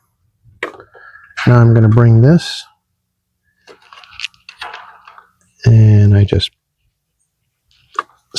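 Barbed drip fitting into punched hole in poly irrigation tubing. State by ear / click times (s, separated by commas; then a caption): seated / 8.0 s. A plastic barbed drip irrigation fitting is pushed into a hole punched in poly irrigation supply tubing near a post while someone talks. A sharp snap at 8.0 s marks the fitting seating in the tubing.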